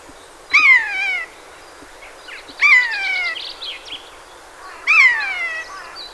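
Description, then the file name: Eurasian jay uttering three harsh, falling mew-like calls roughly every two seconds, with rough, burry chatter following the middle one. "Garrulus glandarius"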